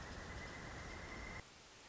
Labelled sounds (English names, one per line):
Pileated Woodpecker